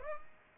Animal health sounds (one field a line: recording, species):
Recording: mosquito wingbeat signal from an infrared sensor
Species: Aedes aegypti